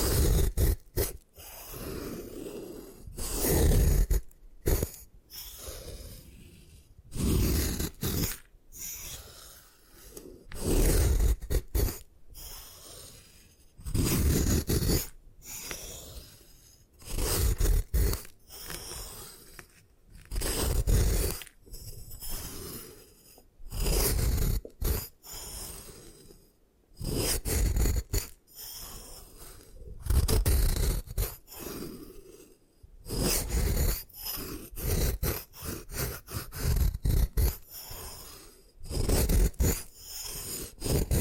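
A block of gym chalk is crushed and ground apart in a run of rough, crunching scrapes. Bursts come every second or so, irregular and loud, each with a low thump and a gritty, crackling top, separated by brief quiet gaps.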